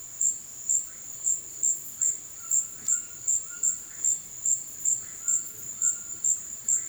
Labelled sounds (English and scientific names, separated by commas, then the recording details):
White-throated Toucan (Ramphastos tucanus)
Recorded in dense forest near Puerto Asís, Putumayo, Colombia, on 19 February 2024 at 17:30
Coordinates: 0.502, -76.326
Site G6460